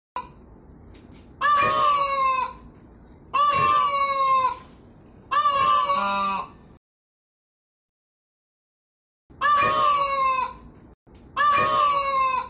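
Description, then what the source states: Peafowl giving loud, nasal, ringing calls in bursts of about a second, three in a row, a pause, then two more. Female peafowl (peahen) calling.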